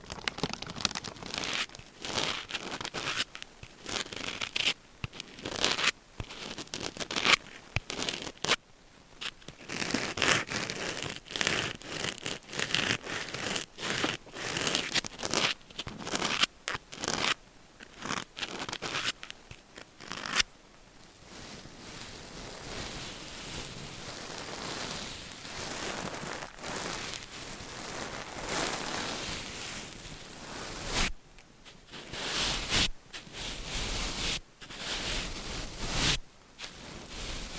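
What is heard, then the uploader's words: Crisp scratching and tapping in quick irregular bursts, shifting to a steadier soft rubbing texture midway, then back to sharp taps. Changing Triggers Every Few Seconds Scratching , Tapping , Massage & More No Talking.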